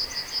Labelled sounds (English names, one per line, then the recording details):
Yellowhammer song
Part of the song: start
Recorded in the Czech Republic on 24 May 2013
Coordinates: 49.185, 17.923
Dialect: BC
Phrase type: D2
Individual 300978